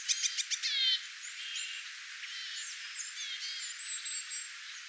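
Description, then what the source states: Small birds in a flock, opening with a quick run of loud clipped chirps, then softer scattered twittering and thin whistled notes from several birds. Flock of small birds calling, recorded on 22 August 2025.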